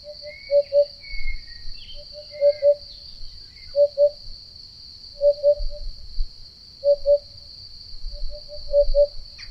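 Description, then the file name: Eurasian hoopoe song of low, mellow paired and tripled hoots repeated over and over, accompanied by a continuous high insect buzz and brief chirps from another bird. "Chant-de-la-Huppe-fasciée-Upupa-Epops"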